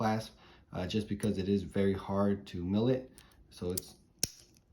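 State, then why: Seated. Someone talks as the stamped titanium deployant clasp on a watch bracelet is pressed closed. It latches with one sharp, loud snap at 4.2 s and is securely shut.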